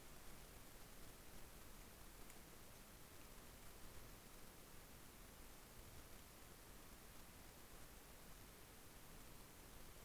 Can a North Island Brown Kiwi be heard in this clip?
no